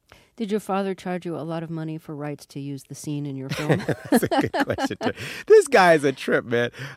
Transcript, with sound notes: Did your father charge you a lot of money for rights to use the scene in your film?
(Laughter) It's a good question, Terry. This guy is a trip, man.